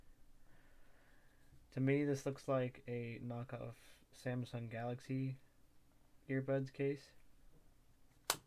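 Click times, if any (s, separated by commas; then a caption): 8.3 s. Someone talks about a Sentry true wireless earbud charging case, then snaps its hinged plastic lid shut onto the case body. A single crisp click lands at 8.3 s, and the lid is closed.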